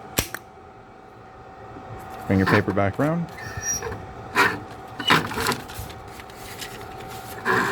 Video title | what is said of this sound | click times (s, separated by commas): RL5000 printer fix | and then close this guy back up listen for the click | 0.2 s, 0.3 s